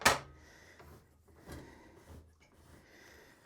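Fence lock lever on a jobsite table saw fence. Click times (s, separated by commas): 0.1 s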